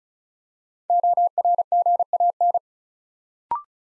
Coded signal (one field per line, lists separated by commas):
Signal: Morse code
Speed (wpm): 36 wpm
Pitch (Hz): 700 Hz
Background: none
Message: ORGAN